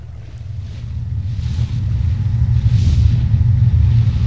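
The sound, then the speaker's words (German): A boat engine in the middle of the ocean drones in a steady, deep rumble without a break, with a soft wash of wind or water hiss above it that swells slightly toward the end. “Was sollen wir hier mitten auf dem Ozean?”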